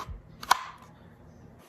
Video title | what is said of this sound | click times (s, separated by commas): RST: Review of the Fieldcraft Survival/Tenicor Holster | getting into um this gun is is unloaded um you can hear a positive click and snap | 0.5 s